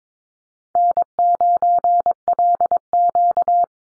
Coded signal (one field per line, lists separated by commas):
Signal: Morse code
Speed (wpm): 22 wpm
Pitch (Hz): 700 Hz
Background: none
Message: N9LQ